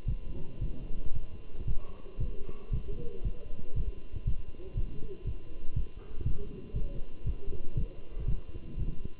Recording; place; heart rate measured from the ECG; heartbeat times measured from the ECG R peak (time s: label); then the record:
heart sounds by stethoscope; between the tricuspid and mitral areas; 117 bpm
0.08 s: heartbeat
0.62 s: heartbeat
1.14 s: heartbeat
1.67 s: heartbeat
2.20 s: heartbeat
2.73 s: heartbeat
3.25 s: heartbeat
3.76 s: heartbeat
4.27 s: heartbeat
4.77 s: heartbeat
5.26 s: heartbeat
5.76 s: heartbeat
6.26 s: heartbeat
6.76 s: heartbeat
7.26 s: heartbeat
7.77 s: heartbeat
8.28 s: heartbeat
8.79 s: heartbeat
From the record:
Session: walking at 3.7 km/h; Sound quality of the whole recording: good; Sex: male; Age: 27 years